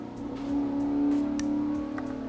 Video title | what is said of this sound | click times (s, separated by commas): Project Odin -- Full Odin/Loki Installation -- Step by Step for 2018+ F150 | you want to make sure they plug in together easily hear that snap | 1.4 s